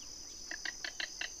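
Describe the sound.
King rail calling with a steady run of short, harsh clicking kek notes over a constant high insect buzz.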